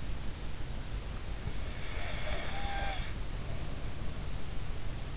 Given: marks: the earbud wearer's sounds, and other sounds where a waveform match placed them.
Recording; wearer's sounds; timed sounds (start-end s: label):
sounds in sleep by an in-ear microphone; snoring breath
1.37-3.60 s: snoring breath